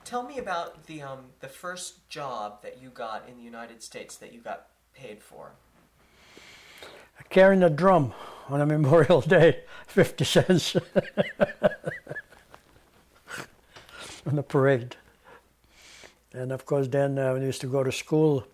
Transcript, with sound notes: Tell me about the first job that you got in the United States that you got paid for.
Carrying a drum on Memorial Day, fifty cents. [Laughs] In the parade. Of course, then I used to go to school.